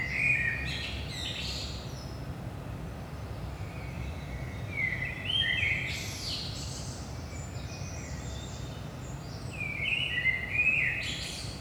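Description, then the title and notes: Common blackbird song of several fluty warbled phrases, each finished with scratchy high twittering, spaced a few seconds apart over low background hum. Blackbird at 5 am, early morning, in Saint-Gilles, Belgium; recorded with DPA 4060 microphones in AB position into a Zoom F3. "Saint-Gilles, Belgique - 5am Blackbird. Blackbird in the morning. Merle au petit matin"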